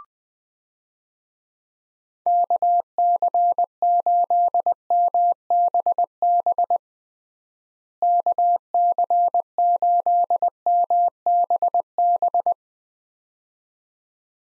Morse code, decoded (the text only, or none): KC8MBB KC8MBB